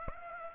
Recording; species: mosquito wingbeat signal from an infrared sensor; Aedes aegypti